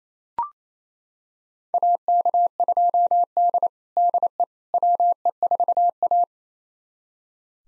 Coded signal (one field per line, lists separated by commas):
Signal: Morse code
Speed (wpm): 27 wpm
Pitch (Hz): 700 Hz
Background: none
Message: AK2D DE WE4A